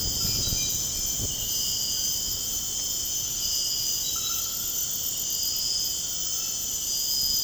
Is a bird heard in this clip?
no